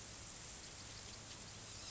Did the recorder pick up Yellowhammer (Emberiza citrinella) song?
no